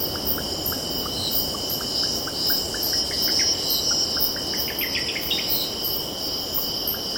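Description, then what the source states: Cicadas keep up a sustained high whining buzz. A bird gives spaced single notes that gather into a fast rising flurry near the end, with low ocean rumble throughout. Cicadas stridulating, with birds calling and distant ocean in the background.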